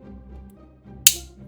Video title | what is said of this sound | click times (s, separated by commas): Street Law! GT-8F Sarge [Streetwise] Review - ToyTesterTeo | You are also supposed to scooch these backwards, and you do that until you hear a click, | 1.1 s